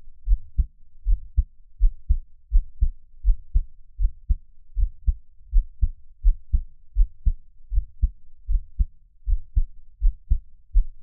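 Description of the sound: Soft, regular lub-dub heartbeat of an adult at about 80 beats a minute, an ordinary resting heartbeat heard close up, with no talking.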